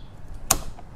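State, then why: Seated. A power steering hose quick-connect on a BMW X3 (E83/F25) is pushed onto its line fitting. A single sharp click at 0.5 s marks the retaining clip snapping home, followed by a much fainter tick around 0.8 s. The connection is seated and confirmed.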